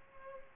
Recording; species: mosquito wingbeat signal from an infrared sensor; Culex pipiens